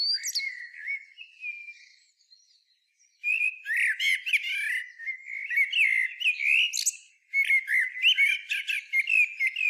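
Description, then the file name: Common blackbird song, a quiet fluted opening, then loud warbling phrases laced with high squeaky flourishes, repeated after a short break. "Turdus merula"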